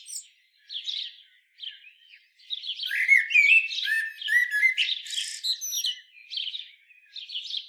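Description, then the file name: Common blackbird song: soft scattered notes, then a longer outburst of mellow whistles mixed with scratchy, high-pitched twitters. "Turdus merula"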